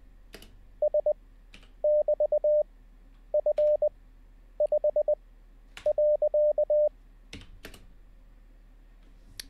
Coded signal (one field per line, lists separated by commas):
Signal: Morse code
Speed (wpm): 20 wpm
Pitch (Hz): 600 Hz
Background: none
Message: S <BT> F 5 .